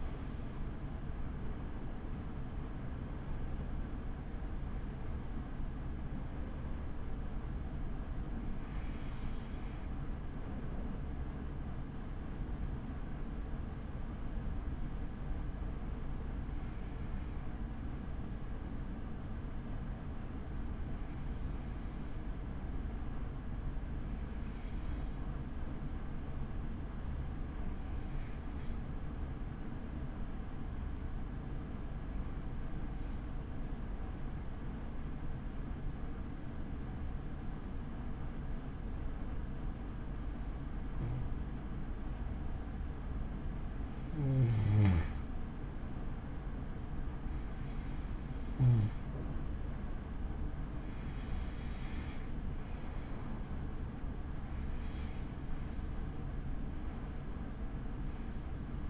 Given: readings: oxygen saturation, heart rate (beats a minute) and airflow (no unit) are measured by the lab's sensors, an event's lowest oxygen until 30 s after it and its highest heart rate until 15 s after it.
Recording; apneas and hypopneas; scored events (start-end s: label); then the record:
breathing in sleep by a smartphone at the bedside; 1
20.00-47.10 s: hypopnea (N2, oxygen 96% highest, then 92% lowest)
From the record:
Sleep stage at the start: N2 (light sleep); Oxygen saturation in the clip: 91 to 96%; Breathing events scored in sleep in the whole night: 83 in 6.1 hours asleep